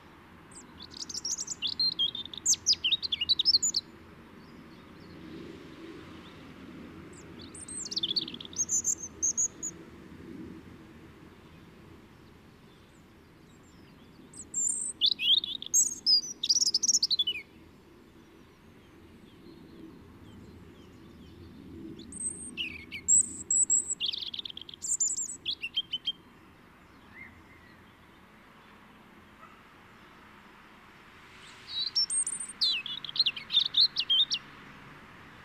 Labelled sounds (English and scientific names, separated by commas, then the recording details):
European Robin (Erithacus rubecula) song
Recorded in the wild
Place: Kaiserslautern, Rheinland-Pfalz, DE
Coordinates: 49.4247, 7.77889
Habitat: garden
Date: 1978-03-29
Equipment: Nagra IV, Sennheiser MKH 405, Parabolreflektor
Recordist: Tretzel, Erwin